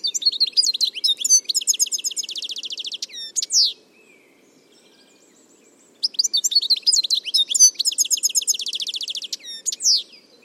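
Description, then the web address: Bird singing fast, high twittering phrases of chirps and rattling trills, one phrase at the start and another after a two-second silence, with a soft low background hum. "Deverinetal"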